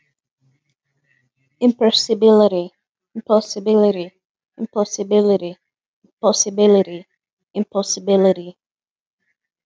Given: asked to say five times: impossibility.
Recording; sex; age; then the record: repeated word; female; 20 to 29 years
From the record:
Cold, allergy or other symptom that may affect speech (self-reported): no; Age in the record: 26 years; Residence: Florida, United States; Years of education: 20